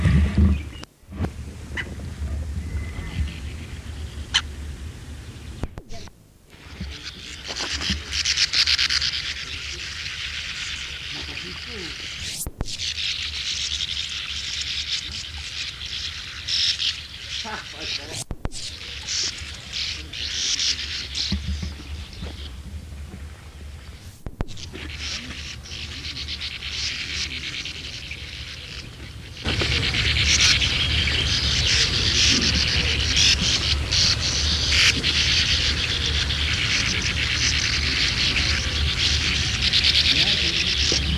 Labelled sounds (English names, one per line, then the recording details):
Sand Martin flight call
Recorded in the wild
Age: adult
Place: Wreechen, Insel Rügen, Mecklenburg-Vorpommern, DE
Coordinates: 54.3319, 13.4617
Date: 1979-06-26 19:08
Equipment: ITT Schaub-Lorenz Studio Recorder 72, Verstärker, MD 421 HL, Reflektor, Kopie Uher 4200 Report
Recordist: Tembrock, Günter